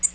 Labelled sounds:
Tennessee Warbler flight call

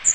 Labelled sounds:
Magnolia Warbler flight call

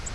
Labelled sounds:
Virginia's Warbler flight call

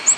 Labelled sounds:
Ovenbird flight call

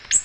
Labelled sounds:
Ovenbird flight call

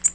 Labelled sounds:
Tennessee Warbler flight call

